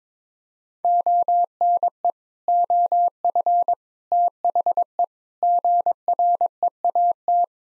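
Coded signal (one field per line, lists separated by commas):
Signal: Morse code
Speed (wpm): 22 wpm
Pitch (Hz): 700 Hz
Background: none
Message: ONE OF THE GREAT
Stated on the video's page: Morse practice at 22 wpm, sentences with common six-word phrases, sent, spoken, then sent again for head-copy.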